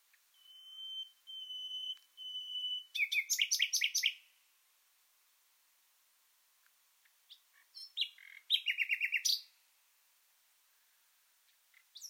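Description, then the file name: Common nightingale: songbird phrases: pure whistled notes held briefly, followed by rapid chattering bursts, a long silence, then more scratchy, rattling notes. "Luscinia megarhynchos"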